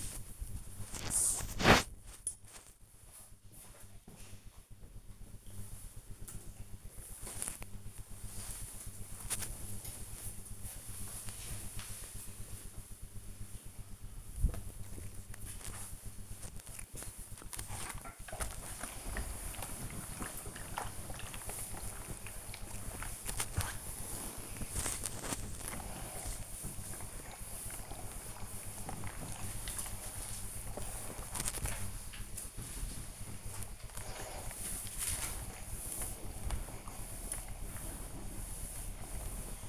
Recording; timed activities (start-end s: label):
household activities, microphone on the right wrist
0.00-4.24 s: folding laundry
7.25-39.69 s: ironing laundry